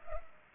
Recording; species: mosquito wingbeat signal from an infrared sensor; Culex pipiens